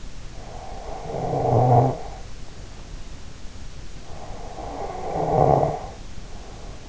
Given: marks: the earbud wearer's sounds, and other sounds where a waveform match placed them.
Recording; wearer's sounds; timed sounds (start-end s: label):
sounds in sleep by an in-ear microphone; snoring breath
0.20-2.08 s: snoring breath
3.96-6.89 s: snoring breath